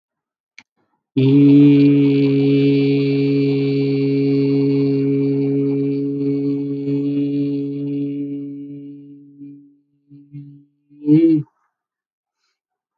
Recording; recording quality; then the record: sustained vowel as in beet; excellent, no background noise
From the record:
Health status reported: healthy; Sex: male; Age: 25 years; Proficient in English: yes